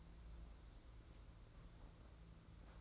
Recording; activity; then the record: daily activity, microphone in the room; place on stove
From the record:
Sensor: 3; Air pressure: 991.9 hPa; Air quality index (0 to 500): 227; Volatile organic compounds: 1000 ppm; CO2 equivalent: 7803 ppm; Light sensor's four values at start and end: 26/76/31/26 and 26/77/31/26